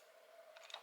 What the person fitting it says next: We heard it clip, and now it's not coming back out.